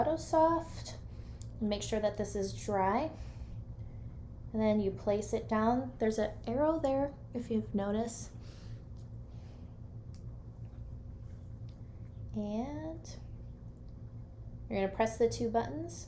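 A plastic infusion set inserter for a t:slim insulin pump is placed on the skin at the pump site and lined up by its arrow, ready for its two buttons to be pressed to fire it. Someone talks throughout, with only soft handling sounds and faint taps around 10.1, 11.7 and 13.8 seconds. The inserter has not been fired and nothing has clicked yet.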